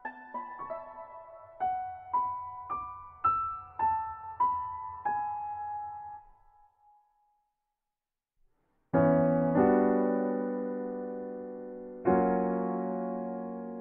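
A soundtrack piece opens with a quick run of plucked, bell-like notes climbing and falling, each ringing out and fading, until it trails off around six seconds. After a few seconds of silence, full sustained chords swell in at nine seconds and change again at twelve.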